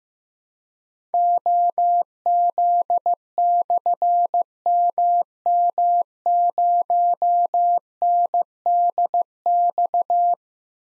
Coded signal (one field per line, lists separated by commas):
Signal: Morse code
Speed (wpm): 15 wpm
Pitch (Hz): 700 Hz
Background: none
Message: OZ/MM0NDX